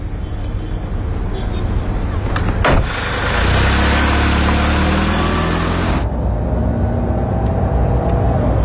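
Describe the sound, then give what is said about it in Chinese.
A car engine hums steadily with a low rumble as the vehicle drives. A sharp click is followed by a louder, hissing wash of road noise that lasts a few seconds before the steady drone returns. “那接下来呢，我们要来听一段戏里的原声，就他们俩在车上发生的争吵，聊崩了，来听一下。”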